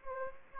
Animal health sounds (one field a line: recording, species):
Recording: mosquito wingbeat signal from an infrared sensor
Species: Anopheles gambiae